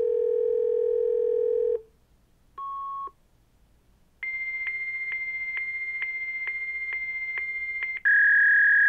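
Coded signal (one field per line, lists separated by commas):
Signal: fax machine handshake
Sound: dial tone, a short 1.1 kHz beep, long high answer tone with clicks, then buzzing warble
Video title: Fax Machine Sounds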